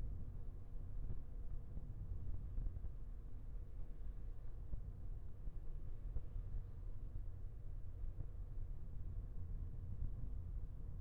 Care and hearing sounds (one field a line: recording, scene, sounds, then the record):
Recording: everyday scene through a hearing-aid microphone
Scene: in a vehicle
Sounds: engine, traffic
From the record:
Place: Skoda Fabia, gasoline engine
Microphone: behind the ear, left, front